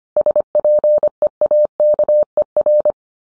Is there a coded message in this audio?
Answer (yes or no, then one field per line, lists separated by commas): yes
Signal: Morse code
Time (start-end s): 0.2-2.9 s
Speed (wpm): 25 wpm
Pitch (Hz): 600 Hz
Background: none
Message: SPEAKER